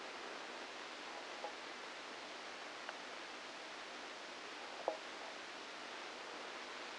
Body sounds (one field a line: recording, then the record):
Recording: brain microelectrode recording played as sound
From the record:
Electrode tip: outside the subthalamic nucleus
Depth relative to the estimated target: 0 mm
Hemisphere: left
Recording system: NeuroSet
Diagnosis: Parkinson's disease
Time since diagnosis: 9 years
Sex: female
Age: 51 years